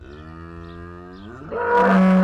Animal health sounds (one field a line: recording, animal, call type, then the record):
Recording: contact call of a hoofed animal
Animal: cattle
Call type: low-frequency (closed-mouth) or high-frequency (open-mouth) call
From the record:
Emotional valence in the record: negative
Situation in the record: full separation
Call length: 2.3 s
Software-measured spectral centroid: 1350 Hz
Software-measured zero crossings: 1190 a second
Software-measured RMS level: -20 dBFS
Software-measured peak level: -9 dBFS